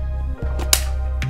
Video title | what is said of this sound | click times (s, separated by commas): Sugar Saturday's ~ My Diabetical Life 🩸 Setting Up My Medtronic MinMed 770G System ❤️ Part 3❤️ | you'll hear it click you guys have to click you | 0.7 s